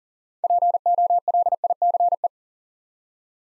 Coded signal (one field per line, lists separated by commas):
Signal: Morse code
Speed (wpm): 38 wpm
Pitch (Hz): 700 Hz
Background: none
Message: POLICE